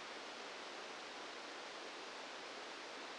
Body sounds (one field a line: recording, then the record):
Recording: brain microelectrode recording played as sound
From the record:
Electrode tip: outside the subthalamic nucleus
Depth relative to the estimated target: -8 mm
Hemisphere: left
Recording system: NeuroSet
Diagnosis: Parkinson's disease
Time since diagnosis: 8 years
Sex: male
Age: 59 years